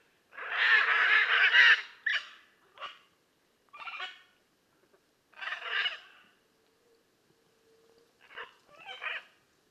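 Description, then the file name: Blue-and-yellow macaw: a long, loud, grating screech followed by shorter harsh squawks spaced irregularly, with silence in between. "Blue and yellow Macaw Ara ararauna"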